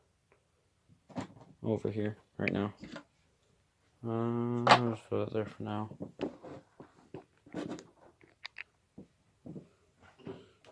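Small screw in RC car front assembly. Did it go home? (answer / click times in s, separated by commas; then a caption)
no / 8.5 s, 8.6 s. Someone talks while working a small screwdriver on a small screw in the front assembly of an RC car, trying to loosen it. Sharp ticks are heard at 8.5 and 8.6 seconds. The screw head strips while loosening.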